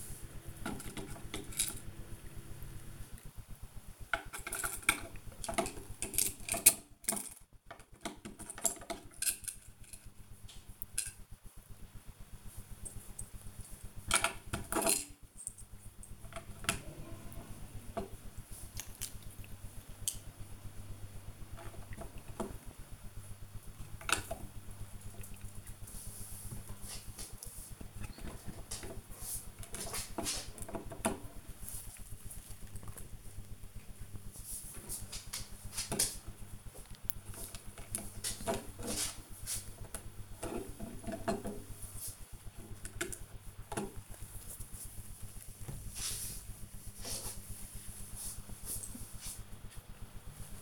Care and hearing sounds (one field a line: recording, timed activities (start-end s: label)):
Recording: household activities, microphone on the right wrist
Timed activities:
0.00-26.48 s: building with lego
27.49-50.62 s: building with lego